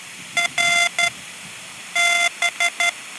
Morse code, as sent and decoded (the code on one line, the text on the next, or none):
.-. / -...
R B